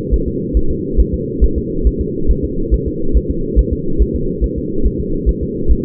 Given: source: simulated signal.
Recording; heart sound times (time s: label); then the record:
fetal heart sounds
0.14 s: S1
0.28 s: S2
0.57 s: S1
0.71 s: S2
1.00 s: S1
1.14 s: S2
1.44 s: S1
1.58 s: S2
1.87 s: S1
2.01 s: S2
2.31 s: S1
2.44 s: S2
2.74 s: S1
2.88 s: S2
3.17 s: S1
3.30 s: S2
3.59 s: S1
3.73 s: S2
4.02 s: S1
4.15 s: S2
4.44 s: S1
4.58 s: S2
4.86 s: S1
5.00 s: S2
5.29 s: S1
5.43 s: S2
5.71 s: S1
From the record:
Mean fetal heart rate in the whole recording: 140 bpm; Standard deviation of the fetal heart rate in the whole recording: 2 bpm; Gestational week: 34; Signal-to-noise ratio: -8.1 dB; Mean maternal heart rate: 72 bpm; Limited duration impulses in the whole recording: absent